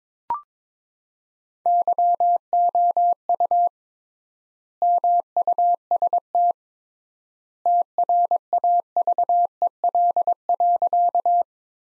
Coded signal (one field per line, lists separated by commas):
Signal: Morse code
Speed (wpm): 22 wpm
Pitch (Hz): 700 Hz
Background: none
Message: YOU MUST TRAVEL.